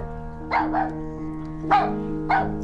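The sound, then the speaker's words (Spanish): A dog barks four times: a quick pair of yaps, then two more spaced apart, each short and mid-pitched, over a steady low droning hum. “Esa cadencia que nos hace sentir una alegría canina, esa emoción que sienten los perros cuando oyen que su amo se acerca.”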